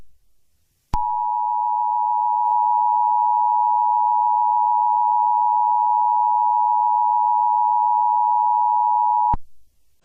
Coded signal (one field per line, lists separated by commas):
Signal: Emergency Alert System (SAME) tones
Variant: 853 and 960 Hz attention tone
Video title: EAS SCENARIO CATEMOJIBABYHEAT PART 46 DINOSAUR STAMPEDE PART 2